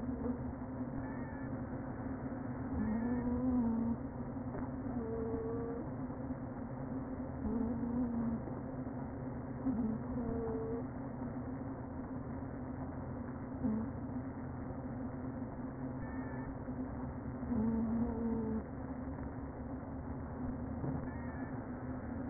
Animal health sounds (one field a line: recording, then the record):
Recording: honeybee colony, microphone inside the hive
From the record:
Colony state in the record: queen present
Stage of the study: before two queens were removed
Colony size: about 60,000 bees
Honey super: yes